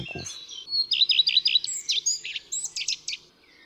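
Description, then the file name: Common redstart song: a high opening note, a run of several quick, repeated dipping notes, then a scratchy, varied twittering finish. A brief low thump at the very start. "Pleszka"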